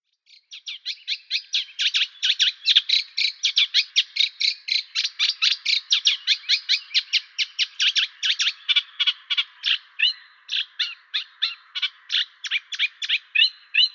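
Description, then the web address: Eurasian reed warbler song starting softly and building into a rapid, rhythmic chatter of grating and clicking notes that continues steadily to the end. "Schulze Peter Reed Warbler song"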